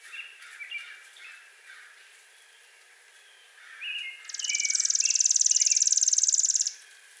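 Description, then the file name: Chipping sparrow song: a dry, rapid, even trill of fast chips lasting over two seconds, with other birds' short chirps and warbles beneath. Five songs recorded on 7 May 2020. "2020-05-07 Chipping Sp 5 Songs"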